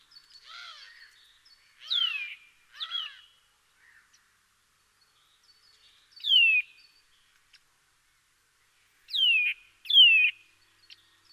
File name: Sitta europaea